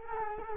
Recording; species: mosquito wingbeat signal from an infrared sensor; Culex quinquefasciatus